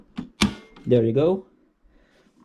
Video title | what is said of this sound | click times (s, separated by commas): HP Deskjet 2623 Unboxing and SetUp | be careful and just wait for it to snap there | 0.4 s